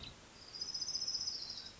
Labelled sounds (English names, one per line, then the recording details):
Orange-crowned Warbler
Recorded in Sonoma County, California